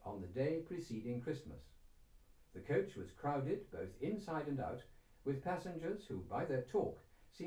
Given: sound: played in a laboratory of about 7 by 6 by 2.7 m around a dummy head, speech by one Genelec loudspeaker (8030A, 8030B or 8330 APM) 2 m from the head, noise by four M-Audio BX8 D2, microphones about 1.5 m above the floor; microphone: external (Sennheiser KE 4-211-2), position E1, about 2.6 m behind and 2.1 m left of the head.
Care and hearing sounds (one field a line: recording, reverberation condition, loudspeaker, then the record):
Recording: male speech in English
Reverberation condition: low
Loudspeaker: 90 degrees to the left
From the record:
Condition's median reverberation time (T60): about 310 ms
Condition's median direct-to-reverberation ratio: about 3.5 dB